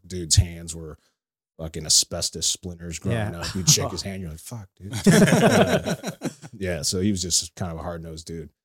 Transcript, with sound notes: Dude's hands were fucking asbestos splinters growing up. He'd shake his hand, you know, fuck, dude. (laughing) Yeah, so he was just kind of a hard-nosed dude.